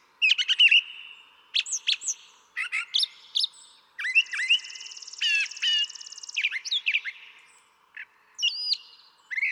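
Brown thrasher singing a lively string of mixed phrases, sharp chirps, downslurred whistles and a drawn-out buzzy note, each phrase separated by short gaps.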